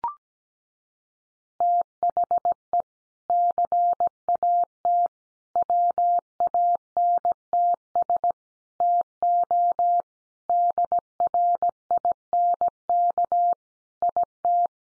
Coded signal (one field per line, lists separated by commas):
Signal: Morse code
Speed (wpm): 17 wpm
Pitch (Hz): 700 Hz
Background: none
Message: THE CAT WANTS TO DRINK IT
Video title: Additional Easy Phrases 17wpm